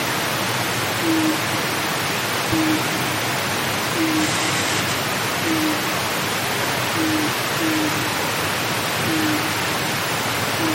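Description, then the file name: Japanese night heron hooting, low muffled single notes about every one and a half seconds against a dense rushing background hiss. "mizogoi"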